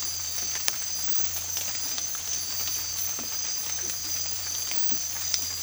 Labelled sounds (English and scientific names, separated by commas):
none